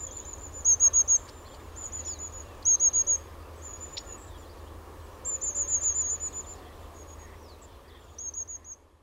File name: longtailedtit